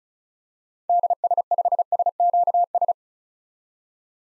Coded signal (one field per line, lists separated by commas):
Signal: Morse code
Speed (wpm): 36 wpm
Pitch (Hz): 700 Hz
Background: none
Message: DS5SQS